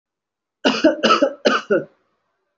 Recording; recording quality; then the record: shallow voluntary cough; excellent, no background noise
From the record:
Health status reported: respiratory illness, not identified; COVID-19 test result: negative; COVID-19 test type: RT-PCR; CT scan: not taken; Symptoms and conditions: cold, breathing difficulty, asthma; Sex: male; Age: 25 years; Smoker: no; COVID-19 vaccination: one dose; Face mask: worn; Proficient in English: yes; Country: India